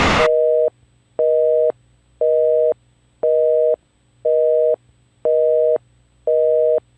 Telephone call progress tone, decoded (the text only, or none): busy tone